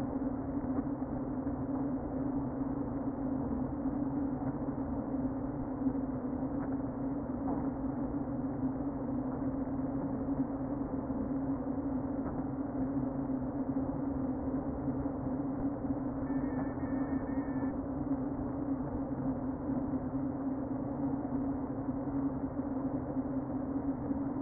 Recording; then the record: honeybee colony, microphone inside the hive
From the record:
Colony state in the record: queen present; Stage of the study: before two queens were removed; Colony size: about 60,000 bees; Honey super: yes